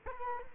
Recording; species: mosquito wingbeat signal from an infrared sensor; Culex quinquefasciatus